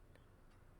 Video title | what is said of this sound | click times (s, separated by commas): How to Install Hood Struts for S197 Mustangs (2005-2014) | ah there we go snapped right in and the ford performance logo is facing outward that's exactly what we want | 0.1 s